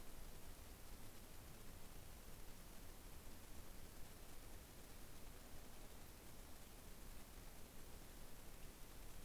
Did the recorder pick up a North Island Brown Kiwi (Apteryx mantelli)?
no